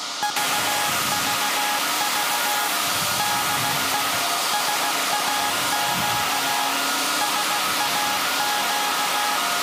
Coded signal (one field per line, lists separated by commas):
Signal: Morse code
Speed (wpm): 16 wpm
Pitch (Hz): 830 Hz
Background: music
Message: VVV DE SAQ SAQ